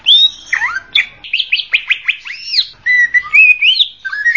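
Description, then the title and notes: Greater green leafbird song, a quick run of bright whistles and slurred rising and falling notes. Champion songbird. "Kicau Burung Cucak Ijo Juara. Suara kicauan burung cucak ijo"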